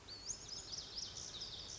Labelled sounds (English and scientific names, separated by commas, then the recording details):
Lazuli Bunting (Passerina amoena)
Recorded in Sonoma County, California